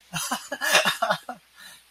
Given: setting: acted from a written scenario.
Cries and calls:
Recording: vocal sound without words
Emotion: elation

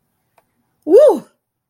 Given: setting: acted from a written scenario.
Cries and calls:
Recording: vocal sound without words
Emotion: amusement

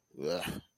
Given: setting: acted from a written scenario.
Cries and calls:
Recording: vocal sound without words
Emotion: disgust

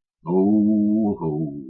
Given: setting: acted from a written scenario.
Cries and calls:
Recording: vocal sound without words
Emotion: pride

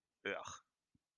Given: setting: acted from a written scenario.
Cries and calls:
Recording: vocal sound without words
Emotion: contempt

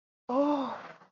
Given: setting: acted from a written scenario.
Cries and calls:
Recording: vocal sound without words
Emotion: negative surprise

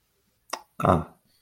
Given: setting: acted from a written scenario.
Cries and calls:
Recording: vocal sound without words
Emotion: neutral

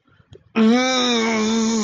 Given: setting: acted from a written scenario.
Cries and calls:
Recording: vocal sound without words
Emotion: pain

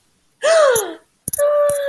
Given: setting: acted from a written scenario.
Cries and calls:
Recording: vocal sound without words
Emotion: positive surprise

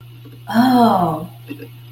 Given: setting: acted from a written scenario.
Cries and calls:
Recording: vocal sound without words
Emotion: realization

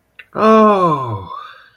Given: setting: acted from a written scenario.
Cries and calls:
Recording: vocal sound without words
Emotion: ecstasy

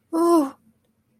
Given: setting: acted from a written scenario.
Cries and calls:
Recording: vocal sound without words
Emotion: distress

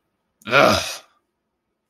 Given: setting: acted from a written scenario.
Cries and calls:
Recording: vocal sound without words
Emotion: anger

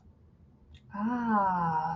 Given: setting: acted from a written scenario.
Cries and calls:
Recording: vocal sound without words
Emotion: realization

